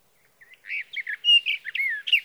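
Sage thrasher song fragment, a short burst of warbled, slurred whistles beginning after a brief quiet start and ending abruptly.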